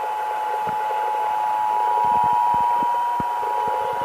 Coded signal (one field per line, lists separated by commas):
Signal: Emergency Alert System (SAME) tones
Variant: 853 and 960 Hz attention tone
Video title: (EAS #1,018-1,024) April 2026 Texas Required Monthly Test